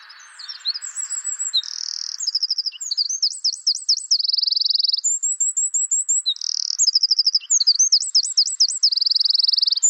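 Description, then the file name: Eurasian wren song, a loud rapid jumble of high notes with buzzing trills and zigzag warbles, pouring on for the full ten seconds over a faint low hiss at the start. "Troglodytes troglodytes"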